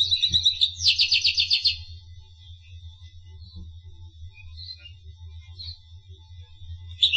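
Finch song: a short high chatter and fast trill in the first two seconds, then near quiet with faint chirps and a low hum.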